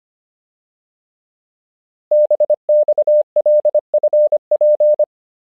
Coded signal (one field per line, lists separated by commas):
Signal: Morse code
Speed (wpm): 25 wpm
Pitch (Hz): 600 Hz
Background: none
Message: BXLFP